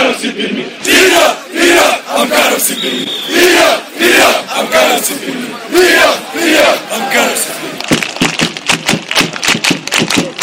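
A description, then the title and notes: Football fans in the stands chant together in loud, rhythmic bursts, their massed voices rising and falling in repeated phrases about once a second. Near the end the singing gives way to sharp, rapid clapping or drumming in a fast, steady beat. The sound of the stands at Amkar Perm FC, Russia. The oldest stadium in Perm, Russia. The most loyal red-black fans and their support.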